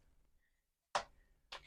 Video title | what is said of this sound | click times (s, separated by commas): Is STUDIO SERIES dinobot SWOOP worth buying? | and then you're going to do that free has head all the way back until it clicks | 1.0 s